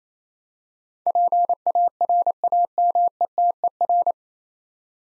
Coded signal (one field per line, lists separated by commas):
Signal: Morse code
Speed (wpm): 28 wpm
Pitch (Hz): 700 Hz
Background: none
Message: PARAMETER